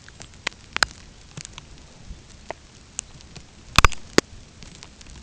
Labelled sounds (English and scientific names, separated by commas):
none